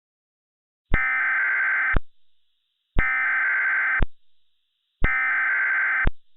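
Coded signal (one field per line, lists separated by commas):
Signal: Emergency Alert System (SAME) tones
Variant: header bursts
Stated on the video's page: Simulated EAS scenario using valid SAME tones.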